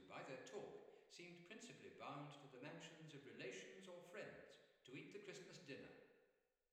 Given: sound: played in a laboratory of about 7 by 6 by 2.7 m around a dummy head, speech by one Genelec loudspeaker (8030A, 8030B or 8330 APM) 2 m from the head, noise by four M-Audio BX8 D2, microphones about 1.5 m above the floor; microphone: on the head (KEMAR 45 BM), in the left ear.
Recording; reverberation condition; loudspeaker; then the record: male speech in English; high; 60 degrees to the left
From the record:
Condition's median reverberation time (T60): about 1300 ms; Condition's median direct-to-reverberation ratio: about -4.0 dB